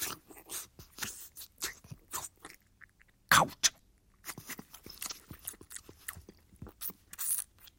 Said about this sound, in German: Der Juwelier entreißt ihr den Ring, steckt ihn sich in den Mund, lutscht.